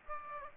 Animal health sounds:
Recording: mosquito wingbeat signal from an infrared sensor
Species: Aedes aegypti

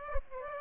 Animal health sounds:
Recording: mosquito wingbeat signal from an infrared sensor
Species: Aedes aegypti

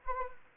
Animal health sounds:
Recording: mosquito wingbeat signal from an infrared sensor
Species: Anopheles arabiensis

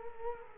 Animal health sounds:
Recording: mosquito wingbeat signal from an infrared sensor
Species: Culex quinquefasciatus

